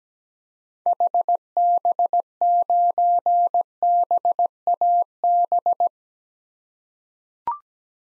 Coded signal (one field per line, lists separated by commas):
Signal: Morse code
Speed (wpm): 17 wpm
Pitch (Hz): 700 Hz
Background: none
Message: HB9BAB